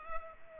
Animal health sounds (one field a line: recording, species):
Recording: mosquito wingbeat signal from an infrared sensor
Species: Culex pipiens